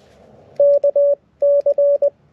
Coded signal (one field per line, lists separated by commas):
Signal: Morse code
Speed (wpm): 20 wpm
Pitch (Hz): 570 Hz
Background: none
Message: KC